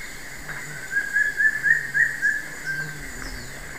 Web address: S America Eastern Lowlands Piprites chloris, song